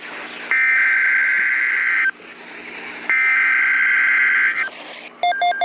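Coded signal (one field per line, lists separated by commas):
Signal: Emergency Alert System (SAME) tones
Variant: header bursts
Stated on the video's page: EAS alerts.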